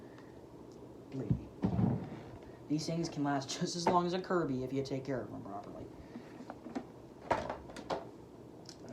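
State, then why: Seated. Someone talks while a premotor filter cover is pushed back into the plastic housing of a Hoover twin chamber upright vacuum cleaner, a plastic part going into a plastic body. A few small handling taps are followed by a sharp click at 7.9 s as the filter compartment clicks in and is seated.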